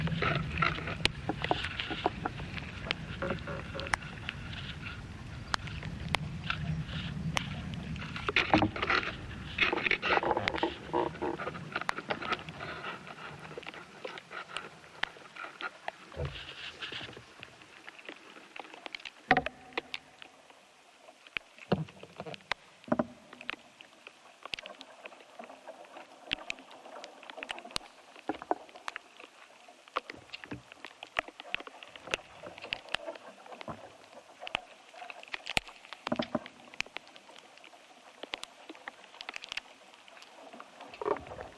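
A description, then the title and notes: Sounds from inside an ash tree. For the first fifteen seconds a dense, low rumbling and creaking fills the sound, then it drops away to a quiet hush scattered with sharp, irregular clicks and pops that continue to the end. The interior sound world of ash trees, Fraxinus excelsior .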